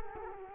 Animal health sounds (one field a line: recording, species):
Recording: mosquito wingbeat signal from an infrared sensor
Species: Culex quinquefasciatus